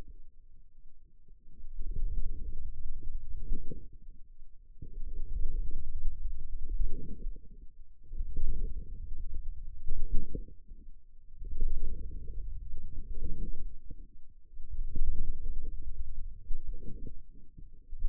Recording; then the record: forearm muscle sounds (acoustic myography)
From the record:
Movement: radial deviation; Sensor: system 2, bracelet of six BSWA MPA416 microphones around the upper forearm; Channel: 2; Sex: male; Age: 22 years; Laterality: right